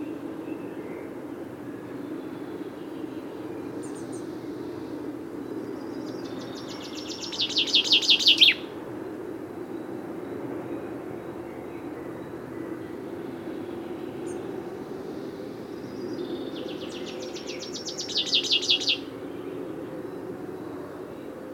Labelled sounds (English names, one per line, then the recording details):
Common Chaffinch song
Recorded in the wild
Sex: Männlich
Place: Babadag, Dobrogea, RO
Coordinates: 44.695, 28.434
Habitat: Forest
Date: 1976-06-01
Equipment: Nagra III BH, Sennheiser MD 21, parabola
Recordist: Schubert, Michael
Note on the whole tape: Strophen von insgesamt 9 Buchfinken - Männchen hier in kurzen Ausschnitten